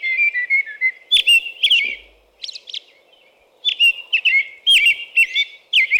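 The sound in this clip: American robin song: short whistled caroling phrases, rising and falling, a few fainter high notes, a short pause, then another lively run of phrases.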